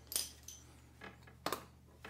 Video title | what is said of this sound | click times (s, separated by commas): Lawnmower Engine Maintenance / Cub Cadet GT50 with Kohler Shown / Spark Plugs & Oil/Air/Fuel Filters | make sure it clicks on | 1.5 s